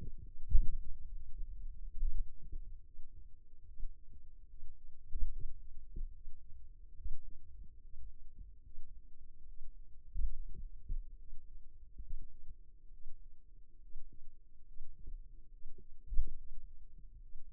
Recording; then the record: forearm muscle sounds (acoustic myography)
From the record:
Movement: finger pinch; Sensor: system 2, bracelet of six BSWA MPA416 microphones around the upper forearm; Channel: 5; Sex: male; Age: 22 years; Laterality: right